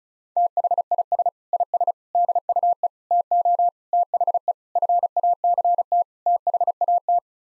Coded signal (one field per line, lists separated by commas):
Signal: Morse code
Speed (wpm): 34 wpm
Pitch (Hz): 700 Hz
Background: none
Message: THIS IS DUE TO THE FACT THAT